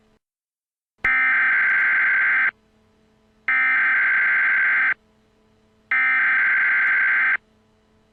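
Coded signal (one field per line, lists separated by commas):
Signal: Emergency Alert System (SAME) tones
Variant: header bursts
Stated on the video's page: Fictional EAS scenario.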